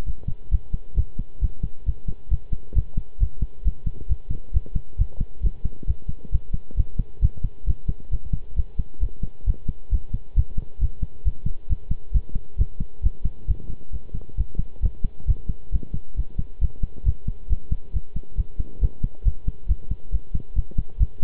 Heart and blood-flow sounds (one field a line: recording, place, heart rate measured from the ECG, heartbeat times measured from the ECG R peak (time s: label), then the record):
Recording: heart sounds by stethoscope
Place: between the tricuspid and mitral areas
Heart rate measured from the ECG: 135 bpm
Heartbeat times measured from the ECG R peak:
0.06 s: heartbeat
0.51 s: heartbeat
0.97 s: heartbeat
1.41 s: heartbeat
1.86 s: heartbeat
2.30 s: heartbeat
2.75 s: heartbeat
3.20 s: heartbeat
3.65 s: heartbeat
4.09 s: heartbeat
4.53 s: heartbeat
4.98 s: heartbeat
5.43 s: heartbeat
5.87 s: heartbeat
6.32 s: heartbeat
6.77 s: heartbeat
7.22 s: heartbeat
7.66 s: heartbeat
8.11 s: heartbeat
8.56 s: heartbeat
9.01 s: heartbeat
9.46 s: heartbeat
9.91 s: heartbeat
10.36 s: heartbeat
10.81 s: heartbeat
11.25 s: heartbeat
11.69 s: heartbeat
12.14 s: heartbeat
12.58 s: heartbeat
13.03 s: heartbeat
13.47 s: heartbeat
13.92 s: heartbeat
14.37 s: heartbeat
14.82 s: heartbeat
15.27 s: heartbeat
15.72 s: heartbeat
16.16 s: heartbeat
16.61 s: heartbeat
17.05 s: heartbeat
17.49 s: heartbeat
17.93 s: heartbeat
18.37 s: heartbeat
18.81 s: heartbeat
19.25 s: heartbeat
19.68 s: heartbeat
20.12 s: heartbeat
20.55 s: heartbeat
20.99 s: heartbeat
From the record:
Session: pedaling a stationary bicycle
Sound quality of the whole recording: good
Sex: male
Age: 23 years